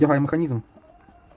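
Someone talks briefly while the plastic scissor hinge mechanism of a Shift key from an Asus Vivobook X571 laptop is being fitted onto the keyboard base plate hooks, followed by near-silence with faint low background noise. Nothing has seated or clicked yet.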